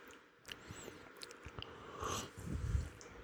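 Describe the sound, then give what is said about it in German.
Someone slurps tea: scattered wet mouth clicks, then a breathy, hissing slurp in the middle, followed by a couple of lower gulping sounds. No one speaks. “Ja, schlürfen.”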